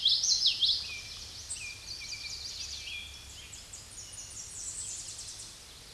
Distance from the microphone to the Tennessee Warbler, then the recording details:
about 40 m. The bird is about 20 m above the microphone. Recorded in a Pennsylvania forest on 16 May 2024 at 07:35. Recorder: AudioMoth, point MSD-1342. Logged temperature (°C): 15.5 °C. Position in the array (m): 215 m, 158 m